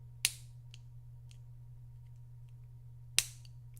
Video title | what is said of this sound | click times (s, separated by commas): LEGO MOC Building Livestream! Let's Make Some ICE PLANET 2222! | You can hear that snap probably. That's stiff. | 0.2 s, 3.2 s